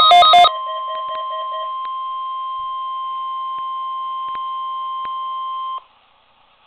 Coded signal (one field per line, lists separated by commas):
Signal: Emergency Alert System (SAME) tones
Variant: 1050 Hz attention tone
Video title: EAS TEST #3